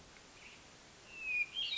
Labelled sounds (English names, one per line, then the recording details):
Hermit Thrush
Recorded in Sonoma County, California